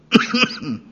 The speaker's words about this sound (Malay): Batuk mengganggu orang sekitar.